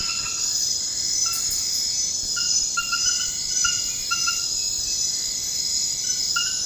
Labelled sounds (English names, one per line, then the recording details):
none
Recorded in dense forest near Puerto Asís, Putumayo, Colombia, on 19 February 2024 at 01:30
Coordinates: 0.472, -76.329
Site G6394